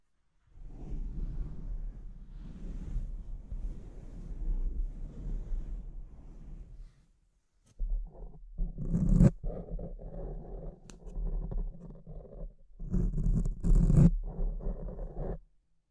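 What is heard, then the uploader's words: Scratching and rubbing against a microphone, a low, rough, continuous grinding that runs from the start to about seven seconds, stops briefly, then resumes. The second part is louder, with sharp bright scrapes near nine and fourteen seconds before the sound cuts off near the end. ASMR Brain Melting Mic Scratching (No Talking).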